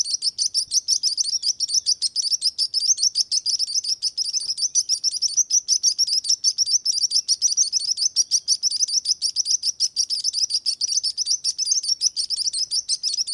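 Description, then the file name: Sparrows twittering nonstop, bright high-pitched chirps packed closely together and overlapping evenly from start to finish. "Sparrow singing"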